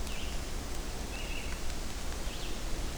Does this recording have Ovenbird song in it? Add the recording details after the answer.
no. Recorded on 24 June 2016 at 05:36. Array SBT-6-76